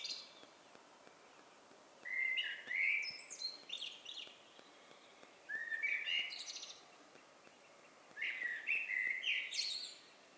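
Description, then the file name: Eurasian blackbird song: three low, fluty warbled phrases about three seconds apart, each ending in a higher, squeaky twitter, over faint steady background hiss. "Turdus merula"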